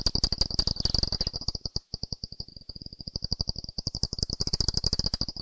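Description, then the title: Brown long-eared bat echolocation calls as a dense, rapid patter of clicks with a few brief pauses. Recorded in Harrogate. "Brown Long-Eared Bat, Valley Gardens"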